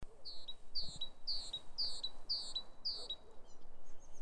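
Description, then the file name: Great tit calling: six clear high two-part notes, each a bright note dropping into a short thin tail, repeated about every half second, over a faint low rumble. "Parus major"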